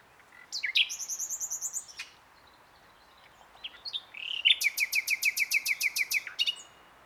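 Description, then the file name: Common nightingale song: a rapid series of repeated high notes, a pause, then a fast, even train of loud, sharp chipping notes lasting about two seconds. "Luscinia megarhynchos"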